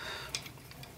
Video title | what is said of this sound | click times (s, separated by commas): Transformers Review Fansproject Function-X1 Code (Headmasters Chromedome) | the arms snap in which is awesome it's just totally just an awesomely engineered toy | 0.3 s, 0.8 s